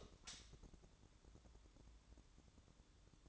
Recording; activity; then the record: daily activity, microphone in the room; light on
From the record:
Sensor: 3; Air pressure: 1007.9 hPa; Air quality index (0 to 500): 111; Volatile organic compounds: 1 ppm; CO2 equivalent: 927 ppm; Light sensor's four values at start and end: 11/25/10/10 and 17/44/19/18